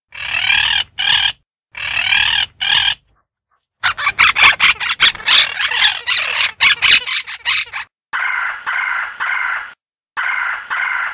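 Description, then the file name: Parrot calls: bursts of harsh, screechy squawks with short gaps, a rapid jumbled stretch in the middle, then evenly spaced nasal calls. "Suono di Pappagalli"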